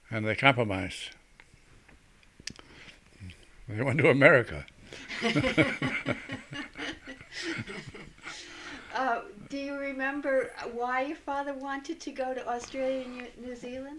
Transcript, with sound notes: and they compromised. They went to America. ( they laugh )
Do you remember why your father wanted to go to Australia/New Zealand?